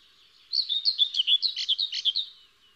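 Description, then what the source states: Common whitethroat delivering one fast, scratchy warbling phrase of many chattering notes lasting about two seconds. Variant form.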